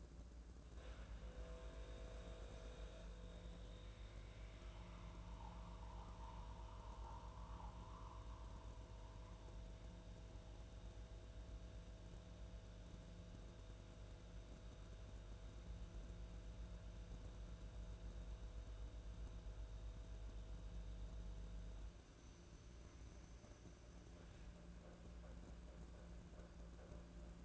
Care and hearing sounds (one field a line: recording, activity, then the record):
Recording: daily activity, microphone in the room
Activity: make coffee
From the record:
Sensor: 2